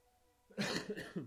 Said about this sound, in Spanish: Bueno, la primera tos en media hora, creo que no está mal. Perdón.